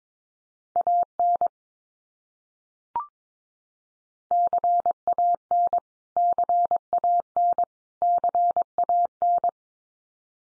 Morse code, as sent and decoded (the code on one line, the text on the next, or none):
.- -. / -.-. .- -. / -.-. .- -. / -.-. .- -.
AN CAN CAN CAN